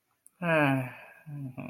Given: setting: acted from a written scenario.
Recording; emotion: vocal sound without words; embarrassment